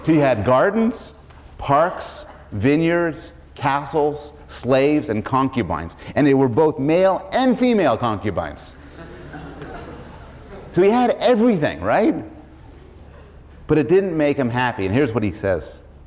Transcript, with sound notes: He had gardens, parks, vineyards, castles, slaves and concubines and they were both male and female concubines. [laughter] So, he had everything, right, but it didn't make him happy and here's what he says: